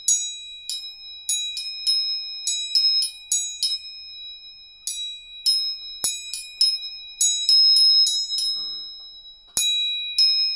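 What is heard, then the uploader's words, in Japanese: Tuning forks are struck again and again, leaving high, steady ringing tones that hang through the whole clip. Bright metallic taps come in quick clusters, with a short pause near the middle and a couple of sharper knocks later. 音叉チューニング3本。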